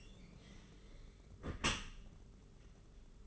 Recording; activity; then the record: daily activity, microphone in the room; close dishwasher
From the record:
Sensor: 4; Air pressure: 992.2 hPa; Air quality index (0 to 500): 108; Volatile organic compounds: 17 ppm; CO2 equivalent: 2588 ppm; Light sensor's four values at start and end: 23/78/28/30 and 23/78/28/30